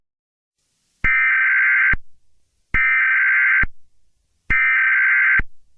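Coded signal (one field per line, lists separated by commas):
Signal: Emergency Alert System (SAME) tones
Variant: header bursts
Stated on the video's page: Fictional EAS scenario.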